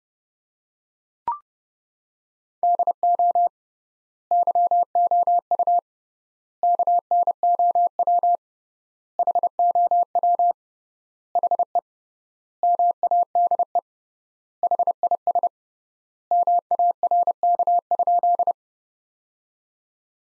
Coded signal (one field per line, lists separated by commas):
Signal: Morse code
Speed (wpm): 30 wpm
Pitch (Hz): 700 Hz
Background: none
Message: DO YOU KNOW HOW HE MADE HIS MARK?